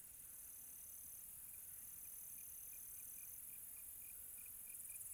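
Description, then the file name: Cricket chirps, faint short pulses repeating several times a second after the first second, beside a thin steady high whine and soft background hiss. Quiet tropical night. "quiet tropical night with cricket"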